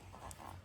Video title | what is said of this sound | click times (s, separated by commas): BMW R1200GS 2008 Spark plug replacement | Another little click up there just to make sure he's snug home and hosed. | 0.3 s